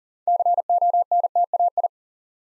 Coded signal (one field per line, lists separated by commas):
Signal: Morse code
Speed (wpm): 39 wpm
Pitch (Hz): 700 Hz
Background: none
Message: CONTAI